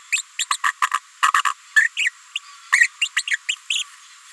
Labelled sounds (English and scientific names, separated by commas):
Green-rumped Parrotlet (Forpus passerinus) babbling